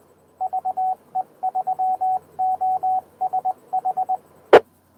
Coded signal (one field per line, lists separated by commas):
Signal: Morse code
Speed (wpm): 20 wpm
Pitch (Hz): 690 Hz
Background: radio noise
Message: VE3OSHE